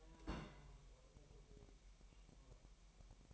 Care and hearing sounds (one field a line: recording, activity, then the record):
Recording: daily activity, microphone in the room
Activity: place on stove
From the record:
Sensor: 1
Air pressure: 1002.0 hPa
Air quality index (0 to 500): 247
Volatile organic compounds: 51 ppm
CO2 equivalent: 3314 ppm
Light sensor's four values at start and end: 5/13/5/6 and 5/13/5/6